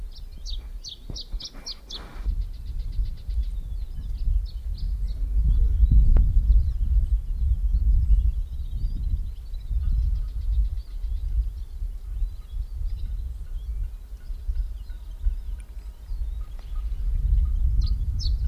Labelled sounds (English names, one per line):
Canary Islands Chiffchaff song